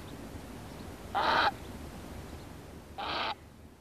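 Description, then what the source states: Grey Heron croaking: two short, harsh, grating calls about two seconds apart against a quiet background. Harsh, rasping croaking calls.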